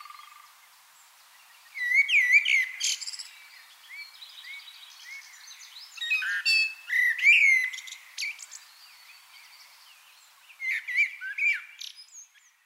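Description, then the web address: Common blackbird song: three rich whistled phrases, each melodious start followed by a scratchy high flourish, spaced by short silences. "pub SETE data Turdus merula"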